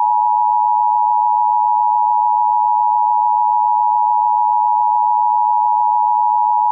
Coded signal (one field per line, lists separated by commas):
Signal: Emergency Alert System (SAME) tones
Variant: 853 and 960 Hz attention tone